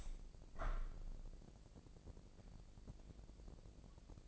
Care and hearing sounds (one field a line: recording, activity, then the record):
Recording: daily activity, microphone in the room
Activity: open window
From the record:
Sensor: 5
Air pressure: 1012.4 hPa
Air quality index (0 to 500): 160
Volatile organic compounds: 2 ppm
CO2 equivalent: 1079 ppm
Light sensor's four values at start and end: 69/166/68/73 and 69/167/68/73